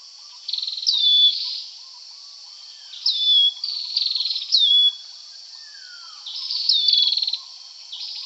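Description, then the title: Dark-necked tailorbird: bright high trills ending in a steady whistled note, repeated in spaced bursts; a softer falling call and faint low twittering in the background. Subspecies anambensis; call rendered as prenjk-gnung. "prenjk gnung. Dark-necked Tailorbird (Orthotomus atrogularis anambensis)"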